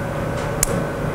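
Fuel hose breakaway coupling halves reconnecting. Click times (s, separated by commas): 0.6 s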